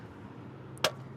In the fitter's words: till it clicks into place.